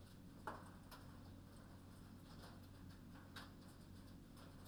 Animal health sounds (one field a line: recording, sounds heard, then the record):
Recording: poultry house recording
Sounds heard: no chicken sound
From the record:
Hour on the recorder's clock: 22